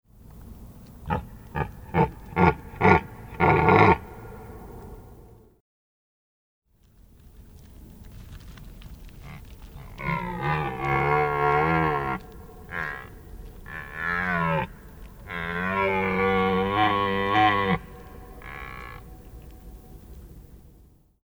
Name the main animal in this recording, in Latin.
Cervus elaphus